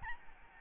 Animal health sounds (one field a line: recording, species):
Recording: mosquito wingbeat signal from an infrared sensor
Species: Aedes albopictus